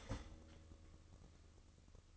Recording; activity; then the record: daily activity, microphone in the room; start toaster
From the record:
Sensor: 4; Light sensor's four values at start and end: 9/20/8/8 and 9/20/8/8